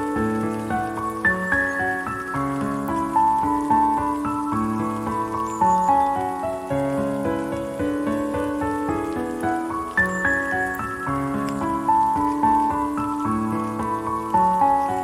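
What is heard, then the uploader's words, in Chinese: A gentle melody plays over steady rain, with sustained tones and clear melodic notes moving through the middle and upper range. The rain forms a constant soft patter underneath, and the loudness stays even, with the phrase repeating around ten seconds. 唯美的旋律及雨聲。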